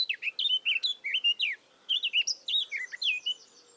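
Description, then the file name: Eurasian blackcap warbling in two quick phrases of slurred, bouncing notes split by a brief gap. "Sylvia atricapilla"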